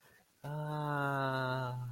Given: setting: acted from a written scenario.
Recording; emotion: vocal sound without words; contentment